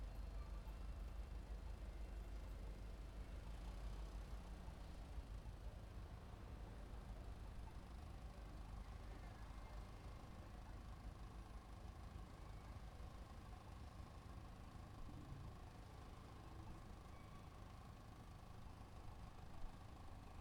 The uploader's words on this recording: City sidewalk. On a slightly busy sidewalk pedestrains stroll about. A car plays loud music. The sun shines brightly all afternoon.